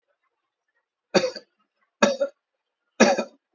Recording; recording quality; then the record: shallow voluntary cough; excellent, no background noise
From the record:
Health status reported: healthy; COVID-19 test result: not tested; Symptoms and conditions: cold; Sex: male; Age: 38 years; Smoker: not ticked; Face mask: not worn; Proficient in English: yes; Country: India